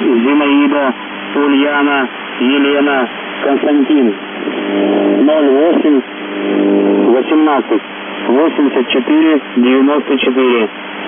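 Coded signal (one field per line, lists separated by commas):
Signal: numbers station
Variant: UVB-76, Russian voice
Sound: russian voice reading a codeword and number over radio, with a brief steady hum between phrases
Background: radio static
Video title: The Buzzer/UVB-76(4625Khz) August 27, 2021 Voice messages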